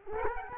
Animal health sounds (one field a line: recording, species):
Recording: mosquito wingbeat signal from an infrared sensor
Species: Culex quinquefasciatus